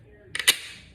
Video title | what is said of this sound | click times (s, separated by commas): Tricks and Benefits of using scrapbooking tools | you're going to pull this out and you'll hear it click in | 0.4 s